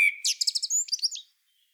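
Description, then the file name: Common blackbird song: brief ending of a phrase, a short whistle followed by a quick series of high, chattering twitter notes. "Turdus merula"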